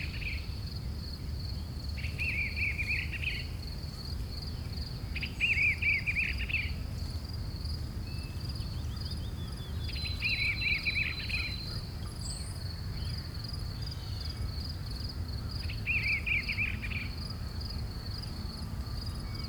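Crickets chirp in a forest, one keeping a thin, steady high trill throughout while another adds short buzzy bursts every few seconds, about five in all. A low, constant rumble sits underneath, and a faint bird note slips in briefly near the middle.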